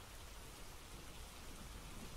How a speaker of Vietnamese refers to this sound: Tiếng gió rít, tiếng những hạt mưa lộp bộp rơi trên mái tôn.